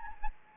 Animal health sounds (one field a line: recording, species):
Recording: mosquito wingbeat signal from an infrared sensor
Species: Anopheles gambiae